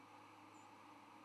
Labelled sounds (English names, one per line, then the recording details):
White-throated Sparrow flight call
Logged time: 06:31 on 10 November 2014